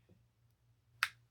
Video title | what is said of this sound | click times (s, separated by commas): People, REPLACE YOUR CABLES! USB-C #USBC #TypeC #TechTip #ProfTips #ToolTip #RightToRepair #HandyMan | And you can hear that snaps. | 1.0 s